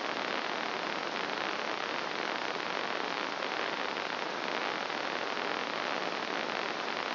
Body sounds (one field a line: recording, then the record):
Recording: brain microelectrode recording played as sound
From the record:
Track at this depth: outside the subthalamic nucleus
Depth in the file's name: 0.545 mm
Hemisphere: left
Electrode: 2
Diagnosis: Parkinson's disease